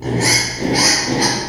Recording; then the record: squeal of a Yucatan mini pig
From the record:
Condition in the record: before surgery on the right vocal fold (resection and tissue-engineered implant); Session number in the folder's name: 2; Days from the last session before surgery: 0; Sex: male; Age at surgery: 12 weeks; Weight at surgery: 13 kg